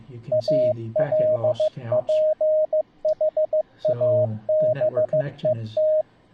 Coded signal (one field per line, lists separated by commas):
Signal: Morse code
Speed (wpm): 15 wpm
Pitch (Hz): 620 Hz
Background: speech, radio noise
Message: ALPHABET